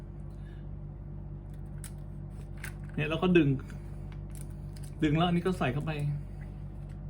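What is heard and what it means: A new metal saw chain is handled over the drive sprocket of a ZHIPU electric chainsaw while someone talks in two bursts, around 3.0–3.5 s and 5.0–6.1 s, over a steady low hum. Small sharp handling ticks land at about 1.8 s and 2.6 s and cluster between 4.1 s and 4.8 s. The chain is engaging the sprocket but nothing has seated or clicked yet.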